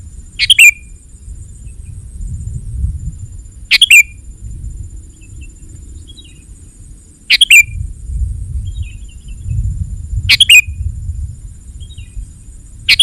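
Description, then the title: Sooty-headed bulbul song: five crisp, bubbly phrases spaced about three seconds apart, with quiet scattered chirps between and a low rumble throughout. "kutilang"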